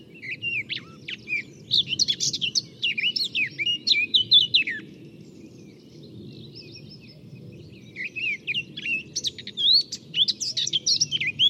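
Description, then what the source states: Eurasian Blackcap song: two bursts of quick warbling with fluty notes, separated by a quiet gap of a few seconds; a steady low hum throughout. Recorded at La Chaux, Saint-Bonnet-le-Courreau, on 15 April 2025 with a Tascam DR-05 and parabola; known song, bird seen.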